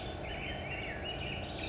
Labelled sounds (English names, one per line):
Black-headed Grosbeak